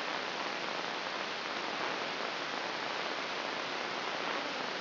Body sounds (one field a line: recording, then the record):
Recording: brain microelectrode recording played as sound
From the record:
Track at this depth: inside the subthalamic nucleus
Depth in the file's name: 2.931 mm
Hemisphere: left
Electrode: 3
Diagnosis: Parkinson's disease